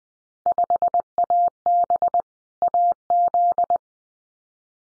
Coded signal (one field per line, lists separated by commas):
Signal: Morse code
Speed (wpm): 20 wpm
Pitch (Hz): 700 Hz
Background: none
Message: 5AB AZ